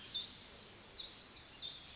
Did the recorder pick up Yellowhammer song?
no